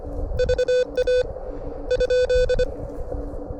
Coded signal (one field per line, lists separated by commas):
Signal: Morse code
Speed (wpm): 25 wpm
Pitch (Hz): 1500 Hz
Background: none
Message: VA?